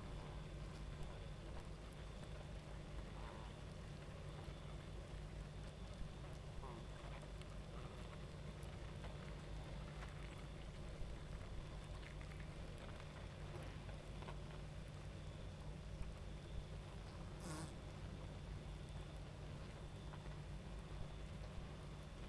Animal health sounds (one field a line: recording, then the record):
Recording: honeybee colony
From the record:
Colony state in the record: active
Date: 28 July 2017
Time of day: 23:35